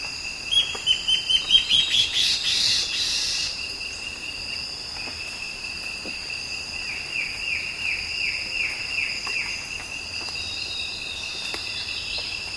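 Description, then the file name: Bird calls: a busy series of sharp, ringing notes early on, later a soft run of arched slurred notes, with a constant high-pitched hum throughout. "SABIOD 50 bird 2015"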